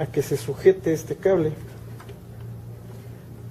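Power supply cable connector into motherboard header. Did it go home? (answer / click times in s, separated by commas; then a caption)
yes / 2.0 s. A power-supply cable plug is pushed into its motherboard header while the board is held for support. Someone talks at first, then a faint click at 2.0 s marks the connector latching into place, seated.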